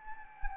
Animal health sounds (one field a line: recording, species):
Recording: mosquito wingbeat signal from an infrared sensor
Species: Anopheles arabiensis